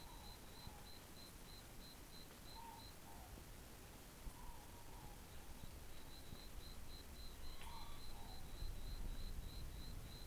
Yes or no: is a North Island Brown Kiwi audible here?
no